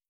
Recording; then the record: hydrophone in a shrimp aquaculture tank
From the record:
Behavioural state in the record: starved